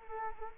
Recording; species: mosquito wingbeat signal from an infrared sensor; Anopheles arabiensis